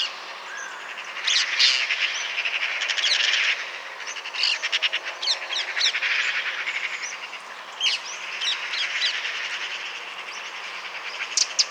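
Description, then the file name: Eurasian magpie chattering, harsh rapid rattles in repeated bursts with short pauses between, and a few thin high chirps. "Pica pica"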